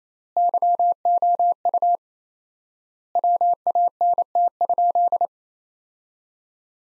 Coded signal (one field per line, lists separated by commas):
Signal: Morse code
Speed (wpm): 27 wpm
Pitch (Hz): 700 Hz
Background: none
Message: YOU WANT?